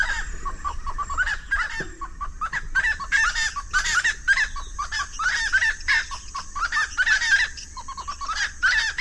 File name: Golosa ptic - Ryzheshapochnyj lesnoj pastushok Aramides albiventris